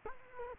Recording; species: mosquito wingbeat signal from an infrared sensor; Culex quinquefasciatus